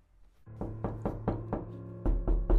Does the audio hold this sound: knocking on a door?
yes